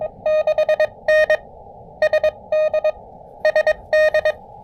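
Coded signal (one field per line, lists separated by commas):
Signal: Morse code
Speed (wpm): 23 wpm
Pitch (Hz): 590 Hz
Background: none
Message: 6 N S D SD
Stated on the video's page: QRP CW Parks on the Air activation on the high bands using an Elecraft KX2 with KXPD2 paddles and AX1 antenna.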